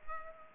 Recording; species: mosquito wingbeat signal from an infrared sensor; Culex pipiens